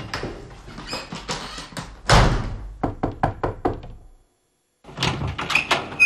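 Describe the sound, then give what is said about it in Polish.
Knocking on a door: a heavy thump, then a quick, evenly spaced run of about six sharp raps, followed by a short silence before scuffling noise returns. “Coś się stało? Drzwi uchylone. Nikt nie odpowiada.”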